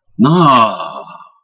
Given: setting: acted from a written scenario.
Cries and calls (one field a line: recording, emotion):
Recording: vocal sound without words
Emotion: negative surprise